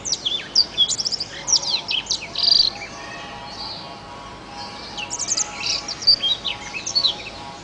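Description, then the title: Oriental magpie-robin song: rich varied whistles and sharp slurred notes in two bursts with a quiet gap, over a steady low hum. "Kicau Kacer"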